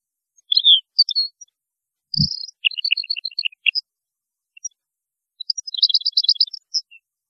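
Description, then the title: European goldfinch song: bursts of quick tinkling twitters and buzzy trills high in pitch, with a brief low thump near the middle. "Chant Chardonneret"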